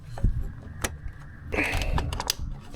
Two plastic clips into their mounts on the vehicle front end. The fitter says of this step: snapped in good this looks all decent again and then